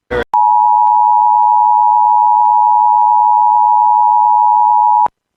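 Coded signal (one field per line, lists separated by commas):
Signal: Emergency Alert System (SAME) tones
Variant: 853 and 960 Hz attention tone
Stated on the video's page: EAS alerts, valid tones, from an internet station, including severe thunderstorm warnings, tornado watches, a monthly test and a special marine warning.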